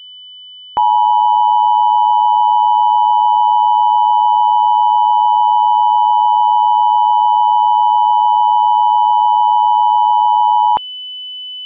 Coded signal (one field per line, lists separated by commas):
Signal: Emergency Alert System (SAME) tones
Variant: 853 and 960 Hz attention tone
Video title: Child Abduction Emergency (CAE) EAS Mock/Remake